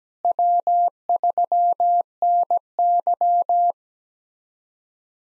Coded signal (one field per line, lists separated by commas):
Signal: Morse code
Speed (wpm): 17 wpm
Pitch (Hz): 700 Hz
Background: none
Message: W3NY